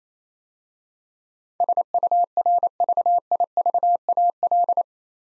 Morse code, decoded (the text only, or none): SURVIVAL